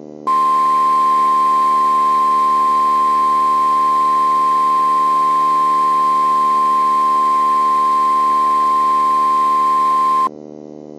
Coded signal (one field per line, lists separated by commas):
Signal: Emergency Alert System (SAME) tones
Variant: 1050 Hz attention tone